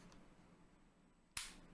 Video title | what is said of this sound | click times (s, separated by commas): My New Aim Controller Has Sick New Features! | And you hear the click. It's back on. It snaps. Snaps straight back on. | 1.4 s